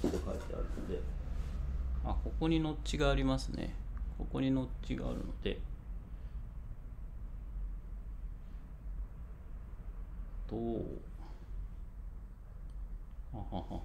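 A man talks while lining up a plastic accessory or face interface with a notch on a PICO 4 VR headset, with only quiet handling sounds for several seconds. The part has not yet snapped or clicked into place.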